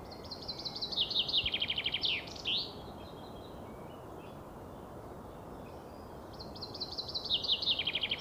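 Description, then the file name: Common chaffinch song: a bright descending series of repeated notes ending in a quick flourish, heard twice with a long pause between, the second song cut off at the end. "Fringilla coelebs"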